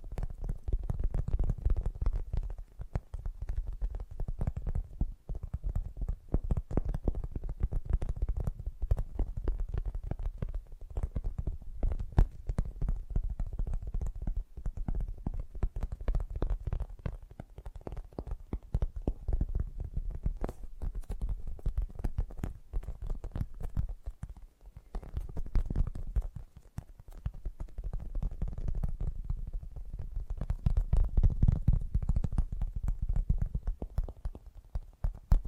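Fast, gentle tapping runs continuously, a dense stream of soft, quick taps with a low, muffled body and faint brighter clicks on top. The pace stays steady throughout, with slight swells in loudness around 10, 20 and 32 seconds.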